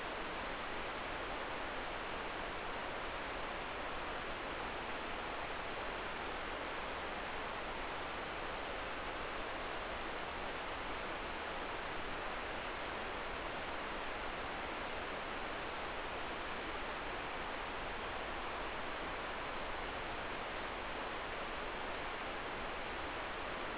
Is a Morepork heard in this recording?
no